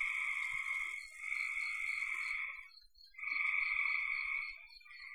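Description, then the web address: Frogs in a chorus of sustained rasping trills, with a thin high hiss over the first half and a short lull before the calling resumes. "cn frogs"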